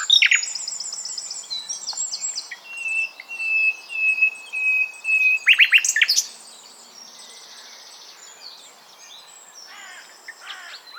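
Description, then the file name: Common nightingale song: high rapid trills, then a series of pure whistled notes swelling in loudness, broken by harsh loud rattling notes, followed by quieter buzzy and twittering phrases. "Luscinia megarhynchos"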